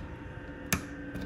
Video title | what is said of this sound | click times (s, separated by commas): How to replace TV screen/panel - DIY Samsung/LG/Sony/Vizio | just like that you'll know it's properly secured when it is clicked in place and locked | 0.7 s